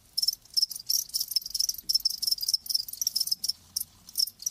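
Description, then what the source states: Cricket chirps in short high bursts separated by brief pauses, shrill and pulsed. Live crickets chirping in a lulling song, as a sleep sound.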